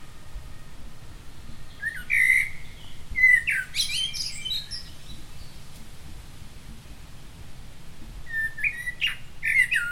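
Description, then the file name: Common blackbird song, fluty warbled notes ending in thin high twitters, phrases spaced a few seconds apart against constant low-pitched background noise. "Turdus merula"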